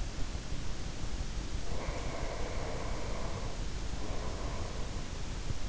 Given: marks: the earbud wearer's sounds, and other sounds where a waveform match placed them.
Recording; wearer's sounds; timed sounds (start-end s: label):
sounds in sleep by an in-ear microphone; breath
1.49-5.23 s: breath